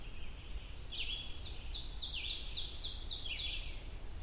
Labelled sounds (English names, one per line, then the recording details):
Ovenbird song
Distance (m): 40 m
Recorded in boreal forest in Alberta, Canada, on 22 June 2016 at 05:20
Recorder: SongMeter 3, array SBT-6-76
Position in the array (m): 151 m, 103 m
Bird 3